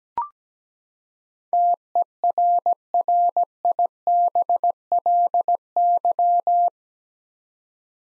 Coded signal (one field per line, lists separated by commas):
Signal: Morse code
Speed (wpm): 17 wpm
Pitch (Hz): 700 Hz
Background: none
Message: TERRIBLY